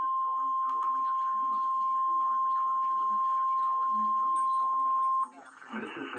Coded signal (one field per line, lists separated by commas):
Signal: Emergency Alert System (SAME) tones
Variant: 1050 Hz attention tone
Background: speech